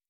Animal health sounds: hydrophone in a shrimp aquaculture tank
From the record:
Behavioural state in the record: normal

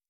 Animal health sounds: hydrophone in a shrimp aquaculture tank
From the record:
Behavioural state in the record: normal

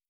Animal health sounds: hydrophone in a shrimp aquaculture tank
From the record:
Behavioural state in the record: starved

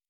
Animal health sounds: hydrophone in a shrimp aquaculture tank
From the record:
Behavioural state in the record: normal

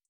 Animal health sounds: hydrophone in a shrimp aquaculture tank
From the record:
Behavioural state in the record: feeding

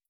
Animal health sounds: hydrophone in a shrimp aquaculture tank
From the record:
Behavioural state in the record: starved

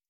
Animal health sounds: hydrophone in a shrimp aquaculture tank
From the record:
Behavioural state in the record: starved

